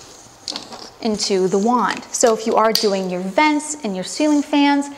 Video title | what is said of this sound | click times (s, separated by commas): Dyson Vacs - Dyson DC65 Upright Vacuum Lineup and Comparison - Multi-Floor, Animal, Animal Complete | this is how you would snap everything on and off and if you hear it it's kind of like that great car door click | 0.5 s